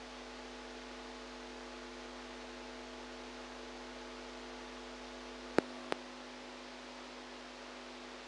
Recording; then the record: brain microelectrode recording played as sound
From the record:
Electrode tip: outside the subthalamic nucleus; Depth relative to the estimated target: -8 mm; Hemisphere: right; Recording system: NeuroSet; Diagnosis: Parkinson's disease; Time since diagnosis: 8 years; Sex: female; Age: 45 years